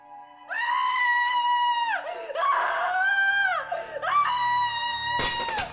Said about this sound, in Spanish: Entonces dio un grito de alarma y de angustia.